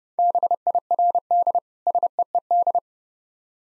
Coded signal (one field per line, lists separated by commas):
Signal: Morse code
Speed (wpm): 30 wpm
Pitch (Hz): 700 Hz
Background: none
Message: BIRD SEED